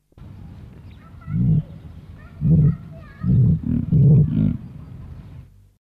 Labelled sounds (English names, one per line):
Emu call